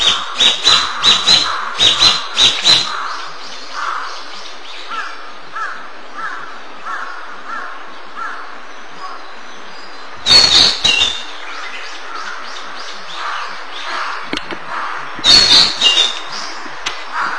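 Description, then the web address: Narcissus flycatcher song: bursts of rapid, sharp clicking notes mixed with short whistled phrases, repeating in groups, with quieter warbled notes filling the gaps. May 2002. "saiziki 2002 05 kibitaki"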